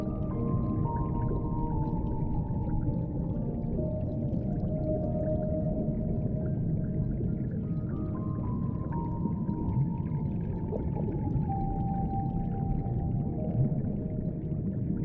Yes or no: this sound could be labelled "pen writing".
no